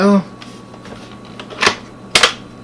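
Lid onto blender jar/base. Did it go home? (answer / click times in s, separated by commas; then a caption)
yes / 2.2 s. Someone talks as a plastic lid and jar assembly is turned and pressed onto a blender, with a few soft ticks and a brief rustle along the way. A sharp double click at 2.2 s marks the lid locking into place on the blender.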